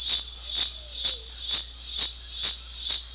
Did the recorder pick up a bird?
no